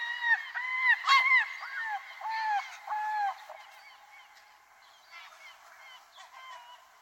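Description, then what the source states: Bird calls, overlapping nasal notes, loud at first and then fading to softer scattered calls. Recorded in Arizona.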